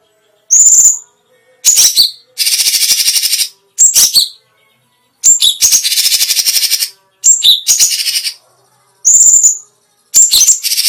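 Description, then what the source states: Grey-cheeked Bulbul singing short whistled phrases that alternate with buzzy trilled bursts, with brief silences between. Special song bursts, called "tembakan istimewa" in Indonesian.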